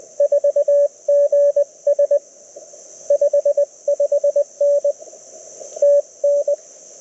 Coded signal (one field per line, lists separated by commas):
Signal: Morse code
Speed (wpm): 22 wpm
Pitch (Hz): 590 Hz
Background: none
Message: 4GS 55N TN